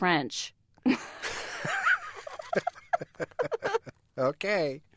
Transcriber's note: soundbite of laughter